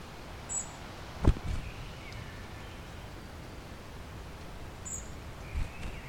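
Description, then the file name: European robin producing two high, thin call notes several seconds apart, with a sharp click and faint lower chirps. "Erithacus rubecula"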